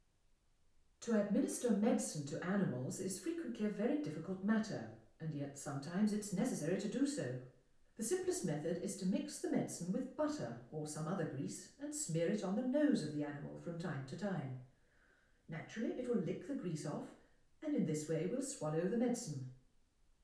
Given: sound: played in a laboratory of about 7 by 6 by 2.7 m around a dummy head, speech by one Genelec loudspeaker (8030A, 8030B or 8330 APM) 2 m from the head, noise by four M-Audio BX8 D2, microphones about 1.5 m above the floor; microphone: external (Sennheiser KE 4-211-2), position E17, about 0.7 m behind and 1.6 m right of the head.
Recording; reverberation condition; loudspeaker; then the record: female speech in English; medium; 120 degrees to the left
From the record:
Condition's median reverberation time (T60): about 510 ms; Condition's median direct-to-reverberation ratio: about -0.5 dB